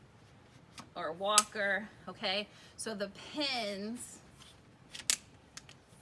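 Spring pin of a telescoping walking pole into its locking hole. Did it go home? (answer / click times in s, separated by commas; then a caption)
yes / 5.1 s. On an adjustable Nordic walking pole, the spring pin of the telescoping sections snaps into its locking hole with a sharp click at 5.1 s. Someone talks before the click, and the pin is seated and locked into place.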